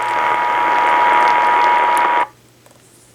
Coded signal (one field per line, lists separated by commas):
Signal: Emergency Alert System (SAME) tones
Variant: 853 and 960 Hz attention tone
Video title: The Tests Before Summer School (Monthly EAS Tests from 6/13/23) (EAS #1,331-1,340)